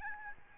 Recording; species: mosquito wingbeat signal from an infrared sensor; Aedes albopictus